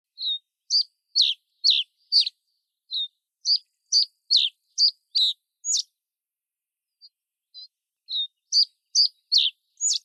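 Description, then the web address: Common reed bunting song: sharp high chirps delivered about two per second in a string, a brief pause, then the series resumes; otherwise quiet. "oojurin"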